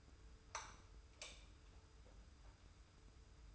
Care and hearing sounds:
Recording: daily activity, microphone in the room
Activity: light on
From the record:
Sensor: 2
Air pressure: 990.8 hPa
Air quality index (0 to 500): 122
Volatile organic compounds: 91 ppm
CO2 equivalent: 3692 ppm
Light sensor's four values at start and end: 26/62/25/25 and 31/79/32/31

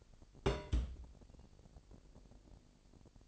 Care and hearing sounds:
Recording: daily activity, microphone in the room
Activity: place on stove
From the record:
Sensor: 5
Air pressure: 1002.1 hPa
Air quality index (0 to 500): 280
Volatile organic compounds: 48 ppm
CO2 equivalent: 3272 ppm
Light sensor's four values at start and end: 19/42/18/20 and 20/42/19/21

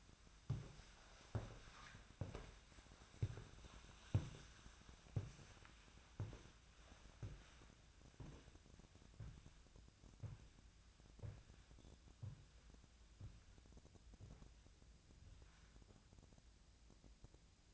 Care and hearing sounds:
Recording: daily activity, microphone in the room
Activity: walk to room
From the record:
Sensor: 2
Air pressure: 1009.9 hPa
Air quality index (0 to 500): 176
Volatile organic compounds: 10 ppm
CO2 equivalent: 2206 ppm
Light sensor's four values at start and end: 31/78/33/37 and 31/77/33/37

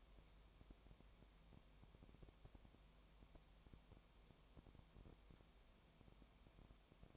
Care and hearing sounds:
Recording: daily activity, microphone in the room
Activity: no activity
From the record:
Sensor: 1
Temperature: 19.4 degrees Celsius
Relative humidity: 35.7%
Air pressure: 1003.3 hPa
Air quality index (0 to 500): 113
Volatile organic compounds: 2 ppm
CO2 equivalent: 1260 ppm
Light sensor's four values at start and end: 1/2/1/1 and 1/2/1/1

